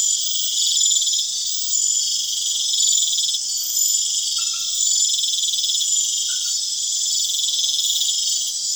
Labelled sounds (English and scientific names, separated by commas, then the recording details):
none
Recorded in pastures near Puerto Asís, Putumayo, Colombia, on 29 June 2025 at 21:00
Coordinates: 0.502, -76.324
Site G010